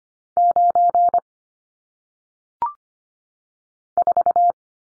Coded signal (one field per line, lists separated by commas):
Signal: Morse code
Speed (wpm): 25 wpm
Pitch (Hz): 700 Hz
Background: none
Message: 9 4